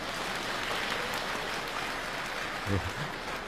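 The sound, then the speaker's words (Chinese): An audience claps steadily for several seconds, a dense, even patter of many hands at moderate loudness, with a brief low murmur near the end. “有时间您可以鼓掌，让他来一回啊。”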